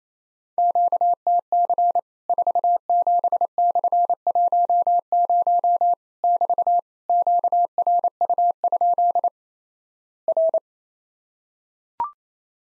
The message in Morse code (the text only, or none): QTC 47/10 <BT> QRU? R